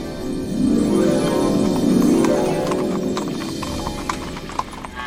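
horse hooves clip-clopping

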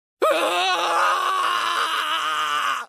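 agonized scream of pain

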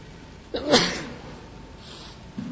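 sneeze

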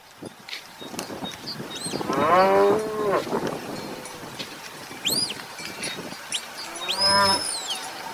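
cows mooing

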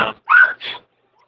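dogs barking

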